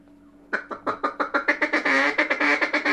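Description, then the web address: Mallard, after a short silence, giving a rapid series of raspy quacks that at times run together into a continuous chatter. Mallard calls given while feeding. "Duck -Mallard. Feeding"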